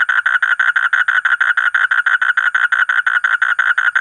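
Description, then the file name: Asian common toad producing a rapid, rhythmic chain of buzzy croaks, steady throughout. "suara kodok bangkong kolong kodok buduk"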